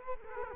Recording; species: mosquito wingbeat signal from an infrared sensor; Culex quinquefasciatus